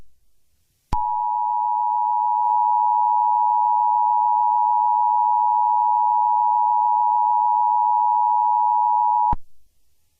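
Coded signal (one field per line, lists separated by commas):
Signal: Emergency Alert System (SAME) tones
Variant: 853 and 960 Hz attention tone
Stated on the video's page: Fictional EAS scenario using valid EAS tones.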